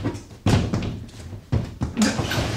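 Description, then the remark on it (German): A hidden spring-loaded wooden drawer holding money pops open when the wood is pressed, heard as a few loud, hollow wooden thunks and knocks spaced over a couple of seconds, with a rattling scrape at the end and no voices. “Du drückst irgendwo gegen das Holz und schon springt die Schublade mit dem ganzen Geld drin auf.”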